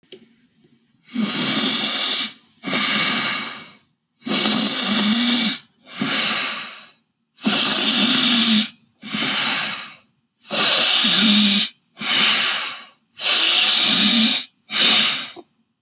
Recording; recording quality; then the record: deep breathing; excellent, no background noise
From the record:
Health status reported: healthy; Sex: male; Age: 25 years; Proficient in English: yes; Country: India